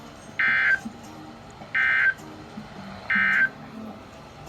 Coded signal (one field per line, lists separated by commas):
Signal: Emergency Alert System (SAME) tones